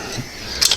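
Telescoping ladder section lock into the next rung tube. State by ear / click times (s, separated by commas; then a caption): seated / 0.7 s. A section of an aluminum VEVOR telescoping ladder is pulled up until its spring lock engages into the next rung tube, with a low, quiet sliding sound before a bright burst of noise near the end. A sharp snap at 0.7 s marks the section locking into place.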